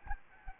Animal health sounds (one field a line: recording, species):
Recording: mosquito wingbeat signal from an infrared sensor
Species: Aedes albopictus